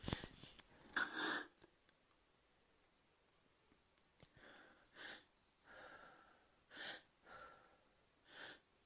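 An adult woman, on her third day of chemotherapy, takes loud, quick, effortful breaths after a sharp gasp: breathlessness with gasping after exertion, before she takes Ventolin.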